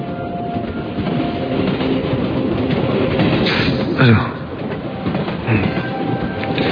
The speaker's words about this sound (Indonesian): Ketika aku bangun, kulihat kereta ini menurunkan kecepatannya. Kini kereta berjalan sangat pelan.